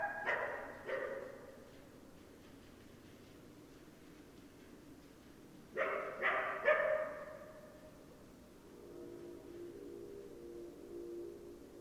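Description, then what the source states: Coyote calls: faint short bursts at the start and again midway, then a faint steady tone. Coyotes, 10 December 2012.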